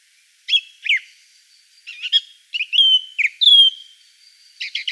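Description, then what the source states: Song thrush song of varied whistled phrases and quick chirps, some sliding down, others clipped, ending in a rapid triple note; no other sounds. Song thrush song, part of a collection of forest songbirds.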